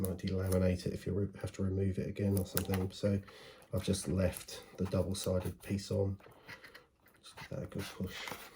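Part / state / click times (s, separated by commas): charging contact assembly into the plastic track of a rechargeable night light housing / not seated / none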